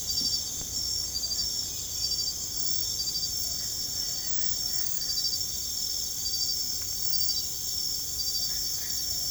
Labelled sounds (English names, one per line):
none